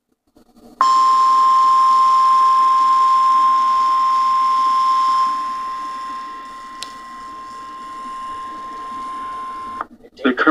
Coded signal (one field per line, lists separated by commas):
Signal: Emergency Alert System (SAME) tones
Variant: 1050 Hz attention tone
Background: speech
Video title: EAS #18- Required Weekly Test (last one for summer 2016)